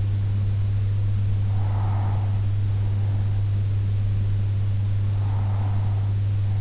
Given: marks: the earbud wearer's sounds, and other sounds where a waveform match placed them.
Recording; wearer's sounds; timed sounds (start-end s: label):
sounds in sleep by an in-ear microphone; breath
0.61-2.61 s: breath
4.61-6.61 s: breath